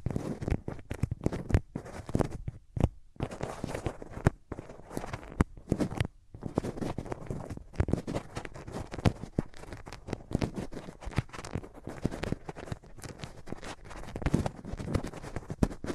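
Close-up rubbing of hands over the ears, a dense run of soft scuffing, crackling strokes with a muffled low thump beneath. The strokes come quickly and unevenly, with brief silent pauses near the two-to-six-second mark. No voice is heard.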